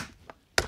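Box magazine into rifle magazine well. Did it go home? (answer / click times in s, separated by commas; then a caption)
yes / 0.6 s. A 10-round detachable box magazine is inserted into the magazine well of a reassembled semi-automatic rifle. A faint tap sounds at about 0.3 s, then a sharp metallic click at 0.6 s as the magazine locks into place.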